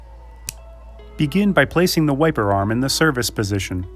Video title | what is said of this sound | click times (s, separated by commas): Rear I&L Arm - Rain-X RearView | Press the adapter onto the wiper blade until it locks into place with a click. | 0.5 s